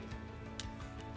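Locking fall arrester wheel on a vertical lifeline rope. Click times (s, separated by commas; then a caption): 0.6 s. A locking fall arrester (ASAP LOCK) on a vertical lifeline rope is slid upward with its locking wheel pressed into the rope, over a steady music bed. A sharp click at 0.6 s releases the wheel, leaving the device free to move up and down the rope. A fainter tick follows near 1.0 s.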